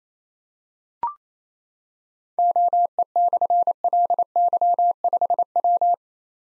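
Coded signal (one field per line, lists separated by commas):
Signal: Morse code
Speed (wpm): 29 wpm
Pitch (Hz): 700 Hz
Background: none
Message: OE/LY5W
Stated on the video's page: Morse code practice drill of difficult call signs containing slashes, each sent at 28 wpm, then spoken, then sent again.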